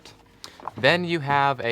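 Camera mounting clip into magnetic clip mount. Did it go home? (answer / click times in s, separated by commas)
yes / 0.4 s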